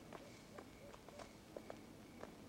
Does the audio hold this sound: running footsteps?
yes